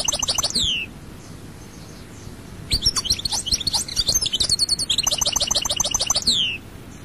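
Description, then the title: European goldfinch song: bursts of bright tinkling twitter with quick trilled runs, separated by a pause of about two seconds. "Chant Chardonneret"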